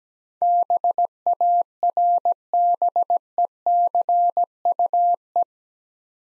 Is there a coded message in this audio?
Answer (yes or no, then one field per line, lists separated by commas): yes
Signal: Morse code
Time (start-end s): 0.4-5.4 s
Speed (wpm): 17 wpm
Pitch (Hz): 700 Hz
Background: none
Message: BARBECUE